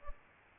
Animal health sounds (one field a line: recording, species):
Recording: mosquito wingbeat signal from an infrared sensor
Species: Aedes albopictus